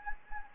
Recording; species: mosquito wingbeat signal from an infrared sensor; Anopheles gambiae